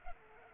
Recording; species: mosquito wingbeat signal from an infrared sensor; Culex pipiens